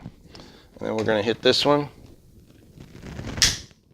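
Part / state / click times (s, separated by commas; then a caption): click-type torque wrench tightening a bolt / torque reached / 3.4 s. A click-type torque wrench tightens a bolt until it reaches its set torque, while someone talks. A few faint ticks come from about 3.1 s, then at 3.4 s the wrench gives a sharp, loud click-and-skip. The bolt is all set.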